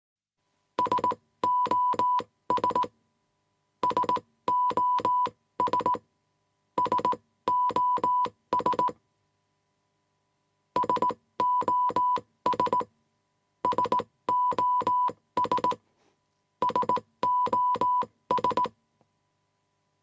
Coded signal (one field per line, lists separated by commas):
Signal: Morse code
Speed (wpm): 18 wpm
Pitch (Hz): 990 Hz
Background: none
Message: SOS SOS SOS SOS SOS SOS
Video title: Morse Code Sound Effect